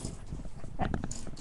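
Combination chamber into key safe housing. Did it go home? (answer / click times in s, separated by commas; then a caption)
no / none. The plastic combination chamber of a Supra 001193 KeySafe Slimline wall-mount key safe is pushed back into its metal housing. Low rustling and handling noise is followed by a quick run of short knocks and taps at about 0.8, 0.9, 1.0 and 1.1 seconds. The chamber has not latched yet and sits poorly in the housing.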